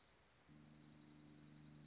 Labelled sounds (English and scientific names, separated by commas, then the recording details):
Dark-eyed Junco (Junco hyemalis)
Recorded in Sonoma County, California